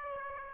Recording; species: mosquito wingbeat signal from an infrared sensor; Aedes aegypti